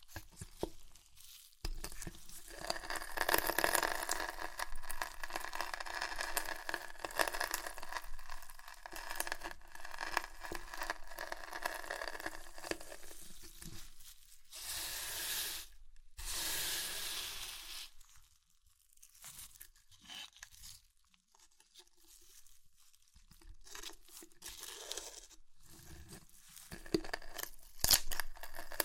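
Crisp chips crunch and crinkle in dense bursts for most of the clip, with a louder crushing burst near fifteen seconds and sparser snaps later.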